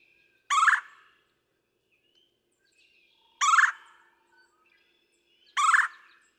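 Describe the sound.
Red-bellied woodpecker calls three times, each a short harsh trilled churr, two to three seconds apart, over near silence.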